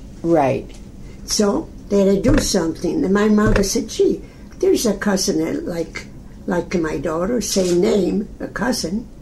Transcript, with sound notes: Right.
So they had to do something, (bangs table) and my mother said "Gee, there's a cousin like—like my daughter, same name," a cousin.